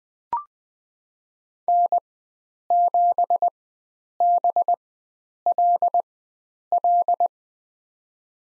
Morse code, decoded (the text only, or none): N7BLL